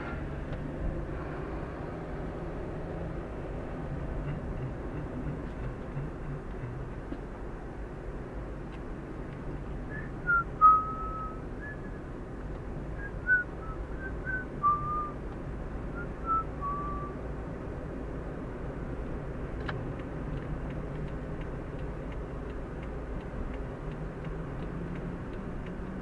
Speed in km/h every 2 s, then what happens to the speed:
30, 37, 41, 39, 38, 37, 37, 38, 40, 43, 44, 44, 41.
0-4 speeds up to 41. 4-13 steady at about 38. 13-22 speeds up to 44.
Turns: none.